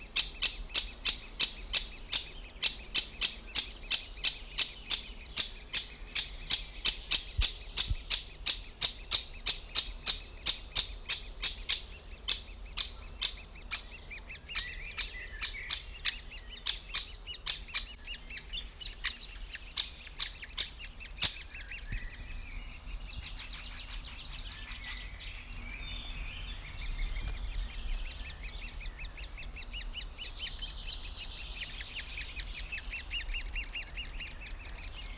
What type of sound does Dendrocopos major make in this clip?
call